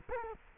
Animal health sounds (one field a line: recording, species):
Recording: mosquito wingbeat signal from an infrared sensor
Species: Culex quinquefasciatus